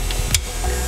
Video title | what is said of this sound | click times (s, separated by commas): "THE SIMPSONS" Caliper Cover on F250 | it wraps around the caliper bracket and snaps into place just like that | 0.3 s